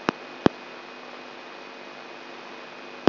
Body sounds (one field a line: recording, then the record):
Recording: brain microelectrode recording played as sound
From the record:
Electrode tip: inside the subthalamic nucleus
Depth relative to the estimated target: 2 mm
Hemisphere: left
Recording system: AlphaMap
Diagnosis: Parkinson's disease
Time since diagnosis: 11 years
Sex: male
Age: 67 years